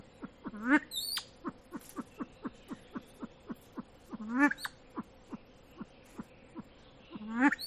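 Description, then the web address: Silver pheasant calling with a steady series of short clucks, broken by a few louder, rougher calls with high slurred notes. "lophura-nycthemera-sound"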